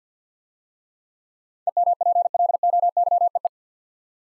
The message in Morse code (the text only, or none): EMPLOYEE